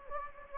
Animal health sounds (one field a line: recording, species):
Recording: mosquito wingbeat signal from an infrared sensor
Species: Anopheles gambiae